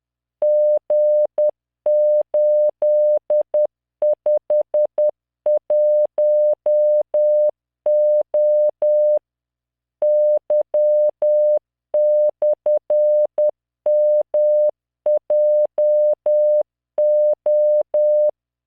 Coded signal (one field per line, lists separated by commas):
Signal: Morse code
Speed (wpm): 10 wpm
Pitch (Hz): 600 Hz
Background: none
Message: G851O Y/MJO